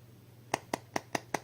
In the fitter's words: prevents the flashlight fall spontaneously, listen to the sound, there are clicks like this and the lantern will not fall anywhere spontaneously